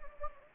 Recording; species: mosquito wingbeat signal from an infrared sensor; Anopheles gambiae